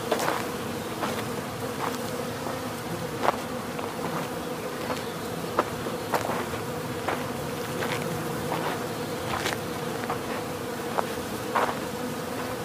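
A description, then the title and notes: A dense, steady drone of countless bees fills the whole clip, a low humming mass with a strong hum band underneath. Short, sharp ticks and clicks pop out every second or so, likely bees bumping, while the overall swarm stays constant throughout. The buzzing of millions of bees building a massive hive.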